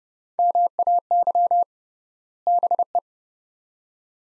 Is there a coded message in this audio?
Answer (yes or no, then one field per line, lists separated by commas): yes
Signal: Morse code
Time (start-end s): 0.4-3.0 s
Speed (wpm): 29 wpm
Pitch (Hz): 700 Hz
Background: none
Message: MAY BE